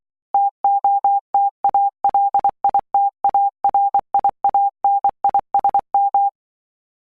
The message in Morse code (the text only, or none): TOTALITARIANISM